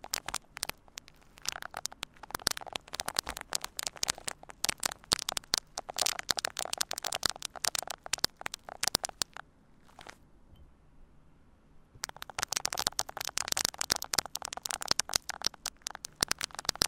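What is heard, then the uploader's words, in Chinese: Tingly triggers on a tiny microphone: dense, rapid crackling and scratching right up against the mic, bright. The rustling runs nonstop until a quiet lull of about two seconds near the ten-second mark, then the busy crackle resumes. 迷你麥克風刺痛觸發 | Brain Melting Triggers | NO Talking。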